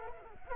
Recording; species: mosquito wingbeat signal from an infrared sensor; Culex quinquefasciatus